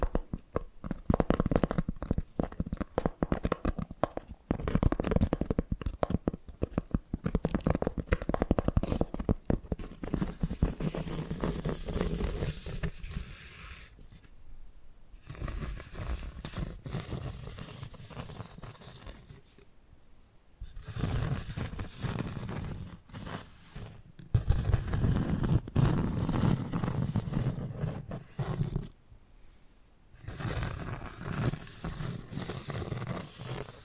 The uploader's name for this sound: ASMR Hypnotic Tapping and Scratching Sounds